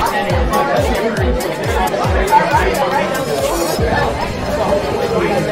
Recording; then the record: background sound without coughing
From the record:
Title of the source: Nightlife Party Simulating Party Club Noise 1 Hour